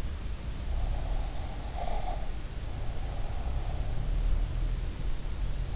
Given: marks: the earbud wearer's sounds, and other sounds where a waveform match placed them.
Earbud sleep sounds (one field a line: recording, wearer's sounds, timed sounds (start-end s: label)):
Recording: sounds in sleep by an in-ear microphone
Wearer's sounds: breath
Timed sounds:
1.05-3.84 s: breath